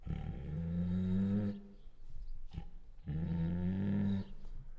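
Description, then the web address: Bengal tiger producing two long, low whining moans of over a second each, with a quieter stretch between them. Female Bengal tiger; chuffs, growls and whines. "Sound Ideas Tigers Sound Effects"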